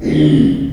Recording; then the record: squeal of a Yucatan mini pig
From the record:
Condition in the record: after surgery on the right vocal fold (resection and tissue-engineered implant); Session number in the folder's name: 2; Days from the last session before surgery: 13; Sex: male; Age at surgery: 12 weeks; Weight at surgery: 13 kg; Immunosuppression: cyclosporine, prednisolone